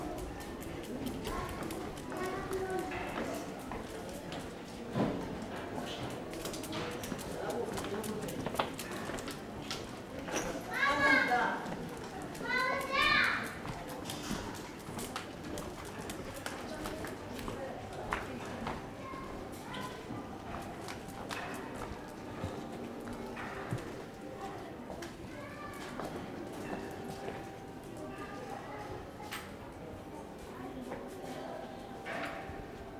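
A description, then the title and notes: A soundwalk through a busy harbour area, with a steady murmur of voices and people chatting throughout. Clicking and tapping sounds, like hooves or footsteps, come and go, and a bright bird call or squeal rises briefly around ten to fourteen seconds. Soundwalk at Porto Antico in Genova with my dog Lungo. By Alessandro Massobrio.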